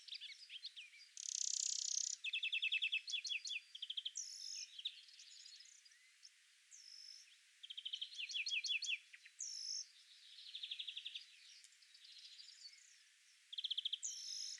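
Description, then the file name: European greenfinch calling in repeated bursts of rapid twittering notes mixed with harsh, buzzy drawn-out wheezes over about fifteen seconds. "Chloris chloris"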